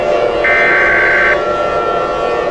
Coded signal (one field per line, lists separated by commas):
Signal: Emergency Alert System (SAME) tones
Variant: header bursts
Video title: EAS Scenario Special - McVanc2020: The Crimson Girl